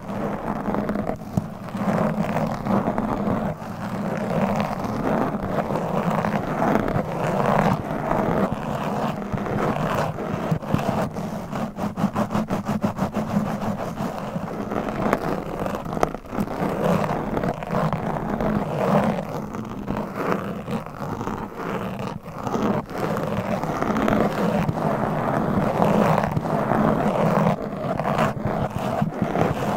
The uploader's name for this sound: ASMR Mic Scratching